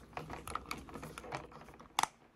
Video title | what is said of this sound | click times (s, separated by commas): DIY pressure-sensitive mouse! | when you're closing it you're looking to hear some satisfying clicks | 2.0 s